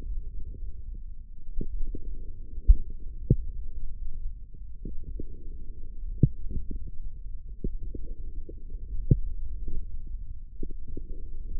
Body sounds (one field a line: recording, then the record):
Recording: forearm muscle sounds (acoustic myography)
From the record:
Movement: forearm pronation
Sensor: system 1, eight BSWA MPA416 microphones around the upper forearm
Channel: 6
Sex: male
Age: 20 years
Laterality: left